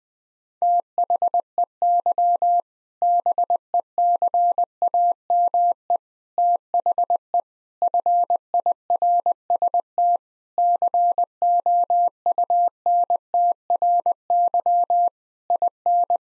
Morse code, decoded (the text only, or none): THEY BECAME THE FIRST COUNTRY IN